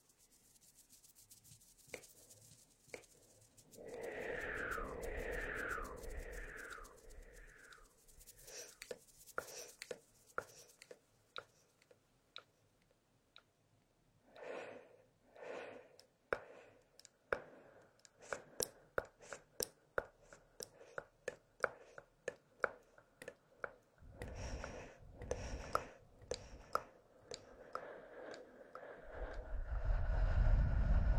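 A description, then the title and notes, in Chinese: Hands rub together in bursts, with a run of squeaky sliding sounds early on, scattered sharp taps and clicks, and a low rumble building at the end. 搓手手。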